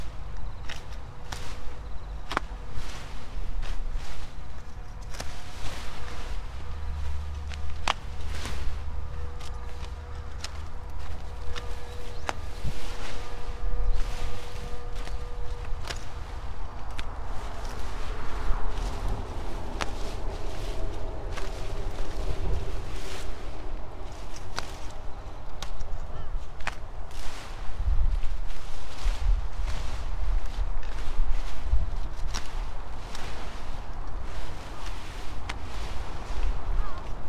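Outdoor garden work: overgrown sweet potato vines being cut back at the base, with frequent snipping and rustling of leaves as the plants are handled. Footsteps shuffle, and a low steady hum sits underneath, with a brief tonal drone in the first fifteen seconds.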